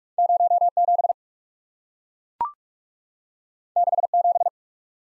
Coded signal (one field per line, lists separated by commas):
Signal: Morse code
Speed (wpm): 44 wpm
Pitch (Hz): 700 Hz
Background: none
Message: 07 67